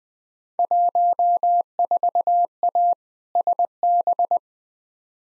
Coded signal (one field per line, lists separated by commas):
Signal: Morse code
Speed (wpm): 21 wpm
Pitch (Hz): 700 Hz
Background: none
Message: 14A SB